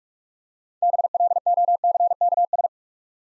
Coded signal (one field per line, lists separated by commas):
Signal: Morse code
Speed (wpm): 44 wpm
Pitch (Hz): 700 Hz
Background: none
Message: BLOCKS